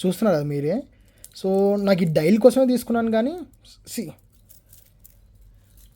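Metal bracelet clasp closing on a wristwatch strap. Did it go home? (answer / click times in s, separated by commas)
no / none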